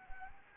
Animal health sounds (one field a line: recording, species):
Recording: mosquito wingbeat signal from an infrared sensor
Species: Anopheles arabiensis